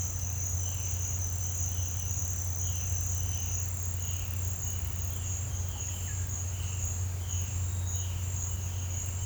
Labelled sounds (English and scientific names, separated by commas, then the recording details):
none
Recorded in pastures near Puerto Asís, Putumayo, Colombia, on 15 December 2024 at 09:00
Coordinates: 0.502, -76.324
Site G077